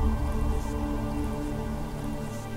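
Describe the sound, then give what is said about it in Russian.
Steady cold rain pours down during a storm in a dense, even hiss with a low rumbling undertone, holding a constant loudness throughout with no voices. “Под холодный шум дождя они медленно прошли по коридору.”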